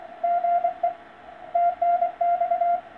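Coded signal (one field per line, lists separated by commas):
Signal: Morse code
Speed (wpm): 25 wpm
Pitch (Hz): 700 Hz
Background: radio noise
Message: GE TNX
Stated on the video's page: CW contact on the 10 m band.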